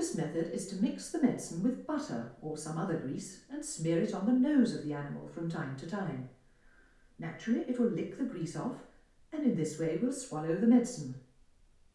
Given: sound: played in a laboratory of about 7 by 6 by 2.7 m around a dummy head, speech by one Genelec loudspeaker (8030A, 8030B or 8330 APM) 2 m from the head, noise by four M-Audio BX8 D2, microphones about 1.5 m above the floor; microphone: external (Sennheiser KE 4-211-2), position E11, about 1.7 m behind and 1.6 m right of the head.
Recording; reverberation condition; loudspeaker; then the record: female speech in English; medium; 90 degrees to the left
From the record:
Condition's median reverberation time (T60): about 510 ms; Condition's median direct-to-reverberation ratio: about -0.5 dB